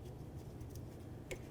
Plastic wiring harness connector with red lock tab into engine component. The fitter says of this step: listen for a click i'm gonna give it a little tug make sure it's secure press that red tab